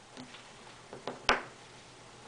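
A nylon ball retainer is pushed onto the balls of a 608 skate bearing during reassembly. Faint ticks at 0.2 s and 1.1 s lead to a loud, sharp snap at 1.3 s. The retainer snaps on and is seated.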